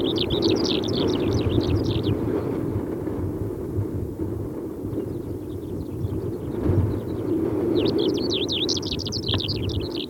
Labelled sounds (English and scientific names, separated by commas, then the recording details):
Greater Short-toed Lark (Calandrella brachydactyla) song
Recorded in the wild
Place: Wüste Gobi, MN
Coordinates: 42.795, 105.032
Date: 1979-06-04
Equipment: Nagra III BH, Sennheiser MD 21, parabola
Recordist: Schubert, Michael